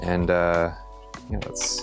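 A plastic graded-card slab case, its lid and body being handled before the two halves are pressed together, while someone talks over music with a few brief handling noises. The clip ends before the lid snaps shut onto the case body; nothing has seated or clicked yet.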